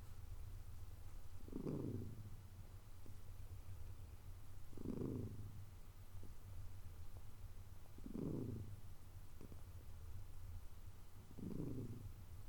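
Cat purr, low rumble rising into four regular louder swells about every three seconds.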